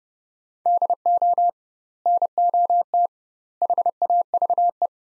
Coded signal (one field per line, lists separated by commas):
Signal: Morse code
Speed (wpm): 32 wpm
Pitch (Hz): 700 Hz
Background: none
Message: DO NOT HAVE